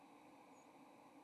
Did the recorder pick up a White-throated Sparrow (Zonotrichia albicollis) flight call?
yes